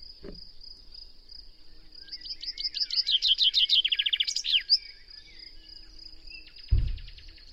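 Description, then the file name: Common chaffinch song: a rapid run of bright notes dropping in pitch and ending in a short flourish, over a steady high whine, with a low thump near the end. "Fringilla coelebs"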